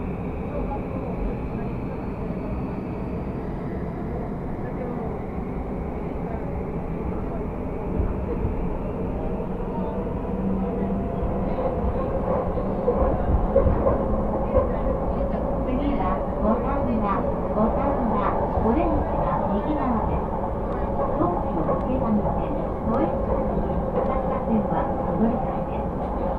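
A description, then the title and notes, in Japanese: A steady, dense rumble of a commuter train running on the Tokyo lines, with a whining tone over the first few seconds and a sustained hum underneath. From the middle onward, rhythmic clatter and voices rise slightly over the constant roar. 耳で楽しむ鉄道旅 山手・京浜東北・中央線 目黒→田町→東京→御茶ノ水。目黒からは山手線内回りに乗って田町まで移動し、京浜東北線の快速電車に乗り換えて東京に向かいます。東京からは中央線快速で御茶ノ水へ。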